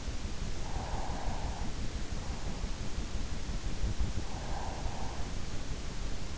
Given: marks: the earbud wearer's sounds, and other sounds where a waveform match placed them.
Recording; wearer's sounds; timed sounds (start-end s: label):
sounds in sleep by an in-ear microphone; breath
0.33-2.04 s: breath
4.16-5.82 s: breath